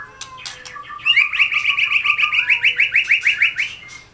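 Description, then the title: Oriental magpie-robin song, a fast trill of rapid repeated notes over nearly three seconds, preceded by sharp clicks and whistles. "Kicau Kacer"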